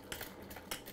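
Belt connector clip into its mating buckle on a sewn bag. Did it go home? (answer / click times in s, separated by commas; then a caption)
yes / 0.1 s, 0.7 s. A belt connector clip on a sewn bag is pushed into its mating buckle and locks into place. Sharp clicks sound at 0.1 s and 0.7 s, with fainter ticks between them. The first belt connector is seated and locked.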